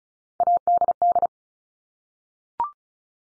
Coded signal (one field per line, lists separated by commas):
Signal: Morse code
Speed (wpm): 36 wpm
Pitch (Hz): 700 Hz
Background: none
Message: ADD